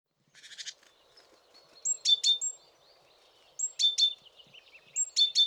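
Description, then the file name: Great tit giving bright, high chirping calls in short bursts, repeated three times, with a brief buzzy note at the start. "Parus major"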